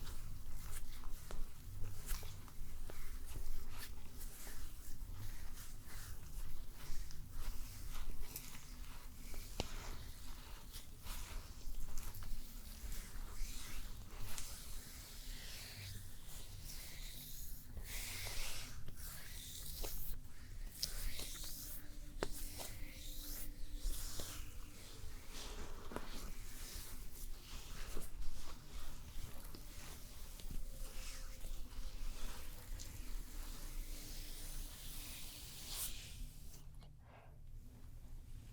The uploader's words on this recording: ASMR The BEST Stone SPA Treatment Spa Therapist Pampering You (Layered sounds & No Talking).